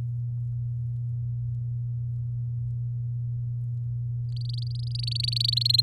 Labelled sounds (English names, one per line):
Domestic Canary song